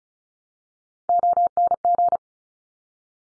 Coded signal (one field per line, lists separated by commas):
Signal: Morse code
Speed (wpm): 36 wpm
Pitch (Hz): 700 Hz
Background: none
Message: ONG